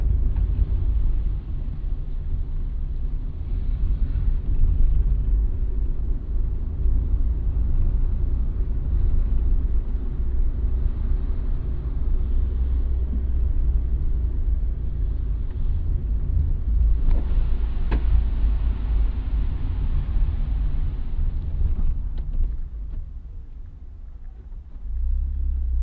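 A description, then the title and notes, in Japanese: A car drives toward a farm stand, its engine and road noise forming a steady, heavy low rumble throughout. Around 17 to 18 seconds a brief brighter sound cuts through, and near 23 seconds the rumble eases slightly before rising again. 環境音 直売所へ店出し。直売所へクルマで向かう。クルマの運転時間長め。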